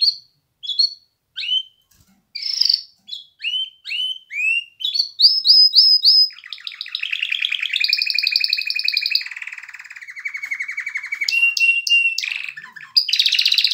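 Canary singing, opening with separate upslurred chirps, then a sustained rolling trill, steady buzzy passages and a few sharp notes at the close.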